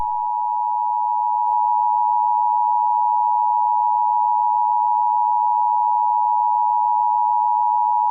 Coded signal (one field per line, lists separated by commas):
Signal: Emergency Alert System (SAME) tones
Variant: 853 and 960 Hz attention tone